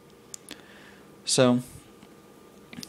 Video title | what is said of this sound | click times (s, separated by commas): The Creation of my Steampunked Nerf Praxis Gun (Part 2) | and it snaps into place against something where it can't go back against until you pull the lever back | 0.3 s, 0.5 s